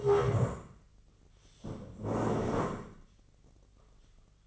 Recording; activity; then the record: daily activity, microphone in the room; stand up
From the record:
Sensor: 4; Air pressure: 1013.1 hPa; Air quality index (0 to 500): 168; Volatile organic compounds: 2 ppm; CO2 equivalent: 1068 ppm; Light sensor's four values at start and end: 52/127/54/58 and 51/127/54/57